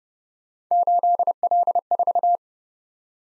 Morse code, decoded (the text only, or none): 8L4